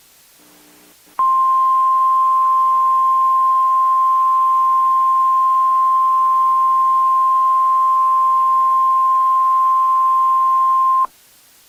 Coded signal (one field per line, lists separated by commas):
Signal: Emergency Alert System (SAME) tones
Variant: 1050 Hz attention tone